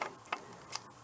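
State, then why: Seated. A rifle bolt for a CZ 600 Trail Chassis rifle is reinserted about halfway into the receiver while the bolt release is held, then wiggled until it seats. A series of short metallic ticks and clicks is heard, with the bolt clicking into place in the receiver at 0.3 s. The bolt is confirmed seated.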